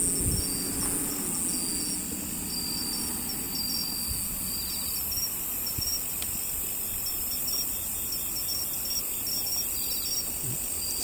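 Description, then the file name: Crickets chirping in a steady high-pitched chorus, with a shrill continuous whine and faster pulsed trills beneath it, plus a low rumble near the start. "crikets"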